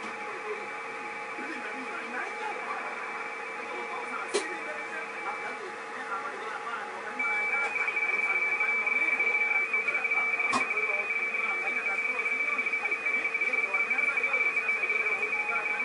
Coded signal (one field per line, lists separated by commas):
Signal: RTTY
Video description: 7.030ＭｈｚでRTTY(ラジオテレタイプ）とPSK31による国内送信の様子